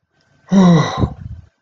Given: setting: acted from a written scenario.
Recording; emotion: vocal sound without words; negative surprise